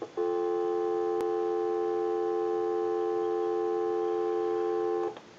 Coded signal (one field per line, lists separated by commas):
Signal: telephone call progress tone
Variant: North America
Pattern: dial tone